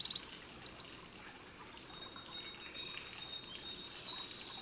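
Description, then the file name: Eurasian wren song: one loud second of sharp high trilled notes, followed by a faint, thin continuation of the song. "Troglodytes troglodytes"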